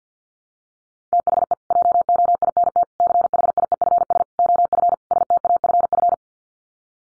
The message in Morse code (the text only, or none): THE JOINT CHIEFS OF STAFF